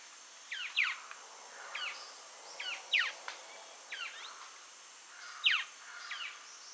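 Cherrie's antwren calls: quick falling chirps, often in pairs, repeated at intervals against a continuous thin high hum.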